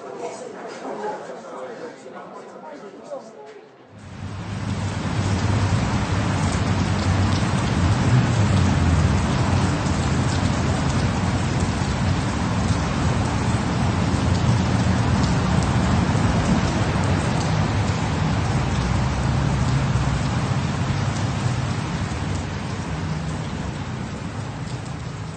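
Light evening rain drizzles down in Manhattan, New York, in a steady, even hiss that swells in after a few quieter opening seconds and then holds unbroken, with a soft low rumble beneath it.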